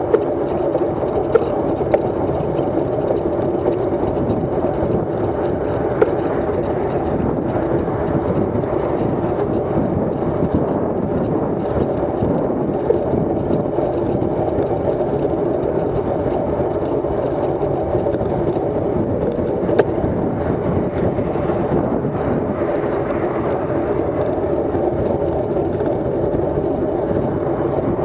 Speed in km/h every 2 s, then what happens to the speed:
31, 32, 31, 32, 32, 32, 33, 34, 34, 34, 35, 35, 35, 36.
0-28 steady at about 33.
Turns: none.